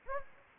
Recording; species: mosquito wingbeat signal from an infrared sensor; Anopheles gambiae